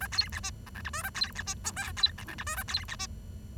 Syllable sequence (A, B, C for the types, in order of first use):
A B C D E F G H A B C D I J B E F G H A B C D